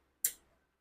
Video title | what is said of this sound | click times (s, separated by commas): Brezza usb wiring 😡Brezza Steering And stereo wiring - Brezza Sunglass holder wiring scam - Brezza | टक देने से इसकी आवाज आई और ये निकाल दिया और ये भी भाई प्लग एंड प्ले है | 0.2 s